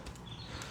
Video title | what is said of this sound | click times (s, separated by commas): The Demi Trainer -- almost so good! | and it does lock into place once you push it but it it see how loose stuff gets | 0.1 s